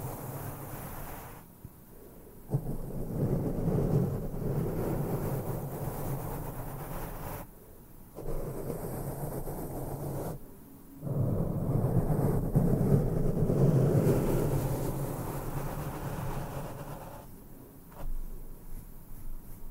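Intense brushing against a microphone, with no talking, comes in long rumbling swells of low, scratchy friction. The bursts last a few seconds each, broken by short near-silent gaps around 2.5, 8, 10.5 and 17.5 seconds, with a steady low hum underneath.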